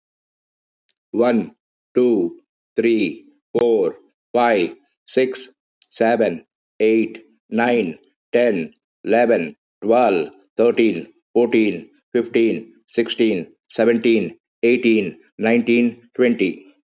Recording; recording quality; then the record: counting at a normal pace; excellent, no background noise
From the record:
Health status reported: healthy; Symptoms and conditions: none ticked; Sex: male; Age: 52 years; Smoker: yes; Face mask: not worn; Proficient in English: yes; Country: India